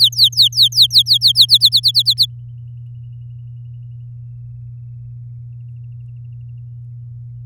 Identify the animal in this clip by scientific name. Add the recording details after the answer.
Serinus canaria. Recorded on 10 May 2018 at 06:15. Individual llb16